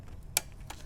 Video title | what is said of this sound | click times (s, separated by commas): Dell PowerEdge R910 Server Review & Overview - Memory Install Tips - How to Configure System | hear that click on both sides basically that's how you know the module is fully inserted | 0.4 s